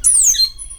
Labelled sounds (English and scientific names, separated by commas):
Stitchbird (Notiomystis cincta) song